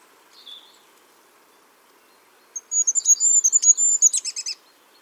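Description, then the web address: Bird with a soft high note, then a run of thin, piercing high chirps ending in a buzzy, stuttering finish. "cianscape birddata Deverinetal 2025 File origin Bird Only"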